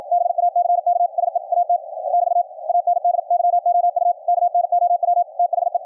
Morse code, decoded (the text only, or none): BACK SE AT <BT> AND YOU KNOW THE